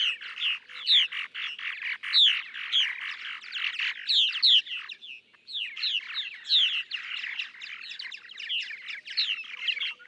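Purple martin song: liquid gurgling chatter with bright chirps and croaky notes, broken by one short pause midway, then resuming.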